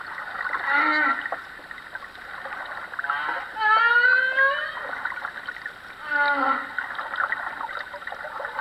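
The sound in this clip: Humpback whale song: moaning tonal units with rising and falling sweeps and harmonic upsweeps, in phrases spaced a few seconds apart, over a steady watery hiss.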